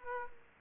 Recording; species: mosquito wingbeat signal from an infrared sensor; Aedes aegypti